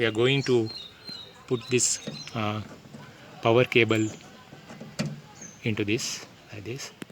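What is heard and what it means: Someone talks while a wiring harness power connector is handled and brought to the socket on the repaired plastic trunk latch actuator unit of a Hyundai Verna. Nothing has seated or clicked yet; the clip ends just before the connector goes home.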